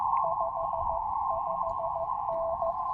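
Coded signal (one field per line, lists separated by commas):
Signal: Morse code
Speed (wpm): 15 wpm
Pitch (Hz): 660 Hz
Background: music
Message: 55N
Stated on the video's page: CW on 30 meters from an Elecraft K2 QRP rig with CW Morse SP4 precision paddles during a park activation.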